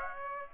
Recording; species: mosquito wingbeat signal from an infrared sensor; Aedes aegypti